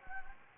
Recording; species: mosquito wingbeat signal from an infrared sensor; Anopheles gambiae